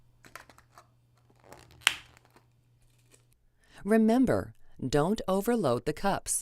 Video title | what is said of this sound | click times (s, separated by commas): philips dispenser | making sure it snaps into place securely but is not stuck to the cup or crumpled | 1.9 s